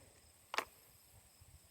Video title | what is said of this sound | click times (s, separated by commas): HW95 Easy Shooting:) Scope issues Walther Terrus & Gamo's Hammers scope? | clicks into place | 0.5 s, 0.6 s